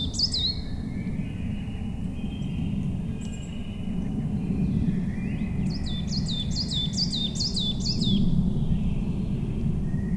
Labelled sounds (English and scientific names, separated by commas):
Coal Tit (Periparus ater) song